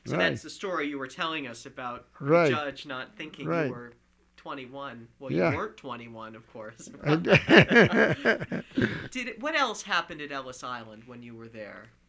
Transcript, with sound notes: So that's the story you were telling us about the judge not thinking you were twenty-one.
Right, right. Yeah.
Well, you weren't twenty-one, of course. ( they laugh ) What else happened at Ellis Island when you were there?